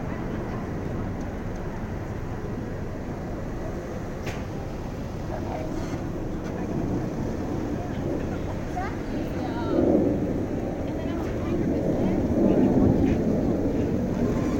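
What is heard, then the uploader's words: Cars rumble steadily along a city street, the low drone swelling as vehicles pass near the end, with faint voices and clicks. Cars on Austin Street (Forest Hills, NYC) on a Saturday doing dumb stuff. Here's a T intersection on Austin St with all-way stops.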